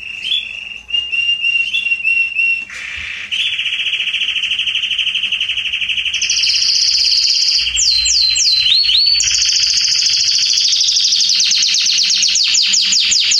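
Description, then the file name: Canary song, opening with soft repeated chirps then swelling into long buzzy trills, fast rolling tours and sweeping downslurred whistles, all high-pitched and nearly unbroken. "Canary Voice"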